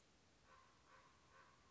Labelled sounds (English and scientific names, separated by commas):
Common Raven (Corvus corax)